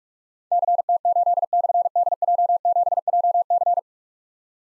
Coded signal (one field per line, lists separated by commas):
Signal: Morse code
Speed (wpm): 44 wpm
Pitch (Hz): 700 Hz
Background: none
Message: CT8/DJ7JC